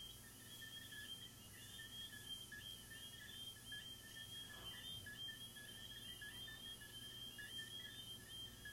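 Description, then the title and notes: Crickets keep up a high constant trill and pulsing lower chirps; a brief faint squeak-like sound passes midway, all over low hiss. Crickets recorded in the recordist's garden, presented as relaxing ASMR. "These are relaxing asmr crickets from my garden"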